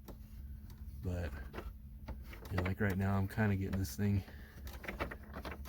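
A metal screw or nut is threaded into the dash cluster mount while the dash cluster of a 1979 Lincoln Continental Town Car is refitted, but it goes in crooked and cross-threads instead of starting cleanly. Someone talks while short grinding, catching hits from the threads come through, around 0.1, 0.7, 2.1, 2.3, 4.7, 4.9, 5.1, 5.2 and 5.5 s. Nothing has seated yet.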